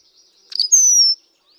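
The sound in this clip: Rusty blackbird producing a brief gurgling note that slides into a thin, high, squeaky whistle.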